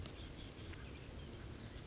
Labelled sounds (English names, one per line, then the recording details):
Chestnut-backed Chickadee
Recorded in Sonoma County, California